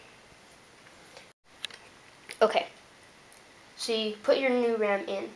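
A RAM module is pushed into the SO-DIMM memory slot of a 2011 MacBook Pro laptop, with a few faint handling taps before a sharp click at 1.6 s that marks the module seating correctly. Someone then talks.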